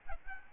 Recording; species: mosquito wingbeat signal from an infrared sensor; Aedes albopictus